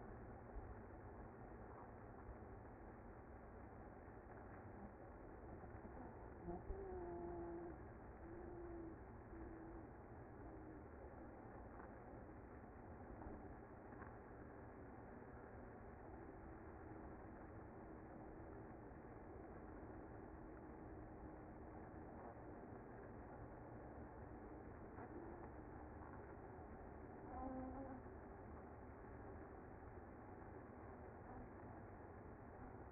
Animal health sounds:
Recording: honeybee colony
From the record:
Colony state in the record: active

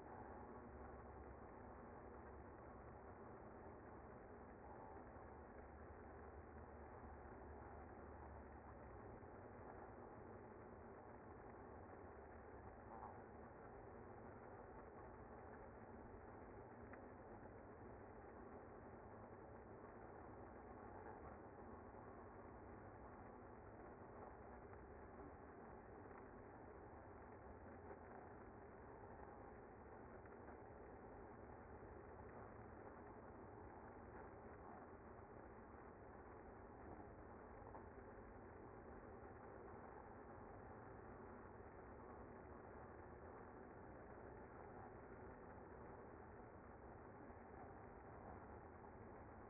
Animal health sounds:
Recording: honeybee colony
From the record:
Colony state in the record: active

